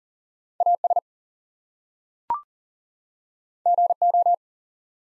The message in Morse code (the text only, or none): AS GO